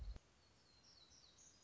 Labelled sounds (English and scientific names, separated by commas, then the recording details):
Black-throated Gray Warbler (Setophaga nigrescens)
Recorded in Sonoma County, California